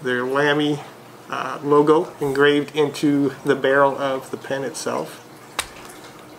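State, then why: Seated. Someone talks while the snap-on cap of a metal LAMY AL-Star Bronze fountain pen, with the logo engraved into its barrel, is pushed onto the barrel. A single sharp click is heard at 5.6 s as the cap seats shut with a solid snap rather than a twist-off.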